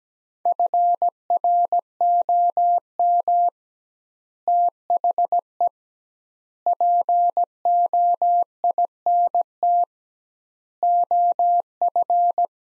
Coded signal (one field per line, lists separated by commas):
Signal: Morse code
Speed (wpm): 17 wpm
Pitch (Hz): 700 Hz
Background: none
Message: FROM THE POINT OF